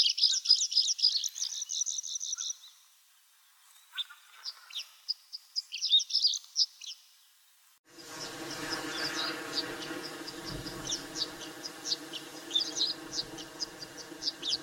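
Pipit calls: rapid series of thin, high notes in bursts with short pauses, then more scattered high notes over a steady humming noise.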